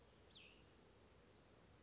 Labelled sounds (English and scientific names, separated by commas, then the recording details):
Cassin's Vireo (Vireo cassinii)
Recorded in Sonoma County, California